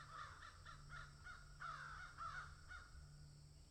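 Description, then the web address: Crow caws, a string of short harsh calls roughly every third of a second, some louder and overlapping, with a low steady hum beneath. Crows cawing in a field. "Debarup Travel Films - Crows Caw in Field"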